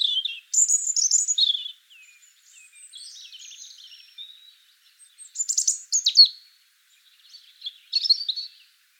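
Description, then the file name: European robin song: high, sweet warbling phrases mixing squeaky notes and soft trills, loud bursts alternating with quieter passages and brief gaps. "Erithacus rubecula"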